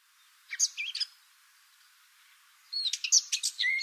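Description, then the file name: Eurasian blackcap gives a short burst of twisting notes, falls silent for over a second, then a quick, bright warbling phrase. "Sylvia atricapilla"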